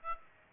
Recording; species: mosquito wingbeat signal from an infrared sensor; Aedes aegypti